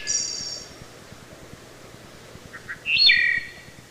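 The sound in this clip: Wood thrush singing. A high, silvery trill opens, then two soft short notes lead into a rich flute-like phrase.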